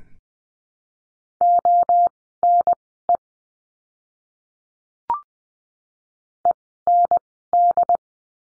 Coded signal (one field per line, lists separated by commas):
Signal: Morse code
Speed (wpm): 20 wpm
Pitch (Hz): 700 Hz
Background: none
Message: ONE END